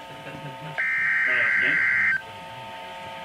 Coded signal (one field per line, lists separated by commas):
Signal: Emergency Alert System (SAME) tones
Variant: header bursts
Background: speech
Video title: EAS #137 - Severe Thunderstorm Warning